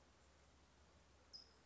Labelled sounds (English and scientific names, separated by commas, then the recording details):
California Towhee (Melozone crissalis)
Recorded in Sonoma County, California